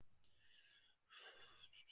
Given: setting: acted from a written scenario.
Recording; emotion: vocal sound without words; distress